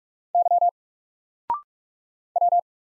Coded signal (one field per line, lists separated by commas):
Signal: Morse code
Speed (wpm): 44 wpm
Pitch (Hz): 700 Hz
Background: none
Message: Y W